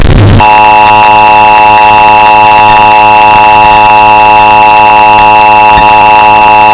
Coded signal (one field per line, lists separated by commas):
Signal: Emergency Alert System (SAME) tones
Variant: 853 and 960 Hz attention tone